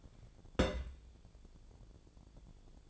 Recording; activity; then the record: daily activity, microphone in the room; place on stove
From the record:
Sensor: 5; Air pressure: 1000.1 hPa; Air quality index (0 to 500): 94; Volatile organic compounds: 1 ppm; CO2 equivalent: 765 ppm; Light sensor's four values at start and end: 268/632/273/304 and 269/635/275/306